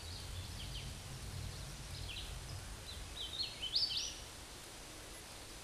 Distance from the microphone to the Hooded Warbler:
about 25 m